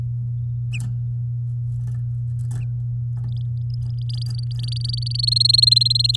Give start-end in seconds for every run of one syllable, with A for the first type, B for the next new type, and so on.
4.09-5.25 A, 5.27-6.16 B